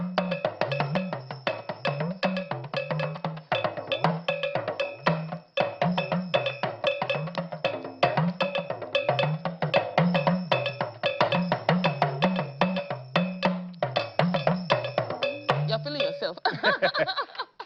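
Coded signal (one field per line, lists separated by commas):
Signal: talking drum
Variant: Yoruba dùndún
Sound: fast continuous drum strokes with low pitch gliding up and down, speech-like rhythm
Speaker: Are you saying anything now? Yes. What are you saying? Okay. I said um we are the merry makers. We're here.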